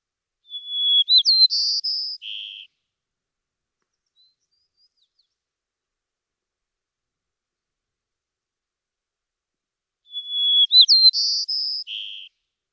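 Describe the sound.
White-crowned sparrow singing twice, each song a whistled note into buzzy trills ending low, with about seven seconds of silence between them.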